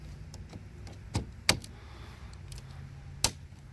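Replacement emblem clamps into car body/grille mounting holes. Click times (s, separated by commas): 1.5 s, 3.2 s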